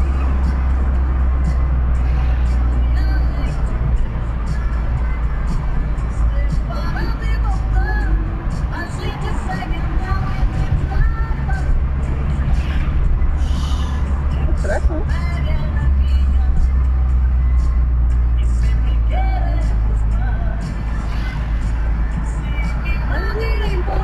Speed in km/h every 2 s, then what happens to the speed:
55, 52, 47, 44, 42, 39, 42, 43, 38, 34, 33, 34.
0-9 slows to 39. 9-15 steady at about 42. 15-18 slows to 34. 18-24 steady at about 34.